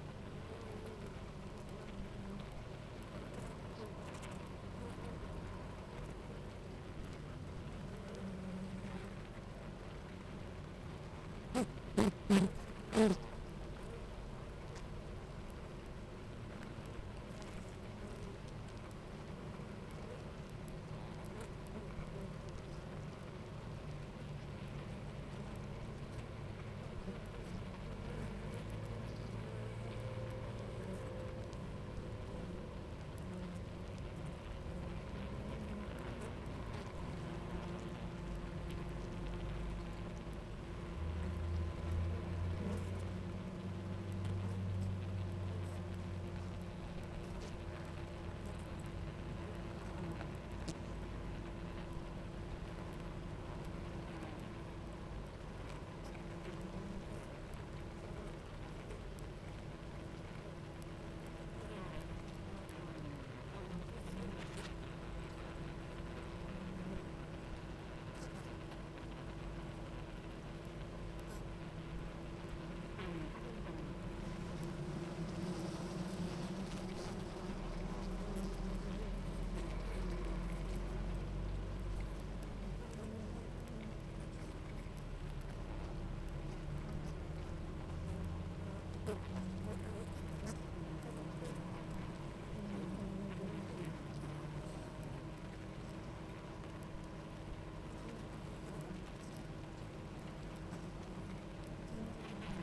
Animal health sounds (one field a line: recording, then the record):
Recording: honeybee colony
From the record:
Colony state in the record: active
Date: 28 July 2017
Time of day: 10:11